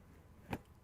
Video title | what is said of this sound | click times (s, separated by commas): How to Maintain My Fiberglass Pool (Video 2 of 5) - Operating the Pump and Filter System | dropped in place tighten it down until it clicks | 0.5 s